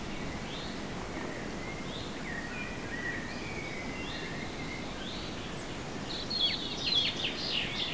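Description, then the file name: European robin song: faint, thin sliding whistles early on, then a louder burst of rapid, high twittering notes near the end, over steady background hiss. "Erithacus rubecula"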